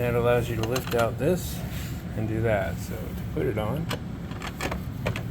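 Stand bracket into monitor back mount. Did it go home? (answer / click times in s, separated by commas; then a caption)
no / none. Someone talks while handling the stand of an Ultragear 32GN63T monitor, bought to replace a dead one, lifting parts out before the stand's mounting bracket goes into the plastic back mount of the monitor. A few small handling taps and knocks follow near the end, but nothing has seated or clicked yet.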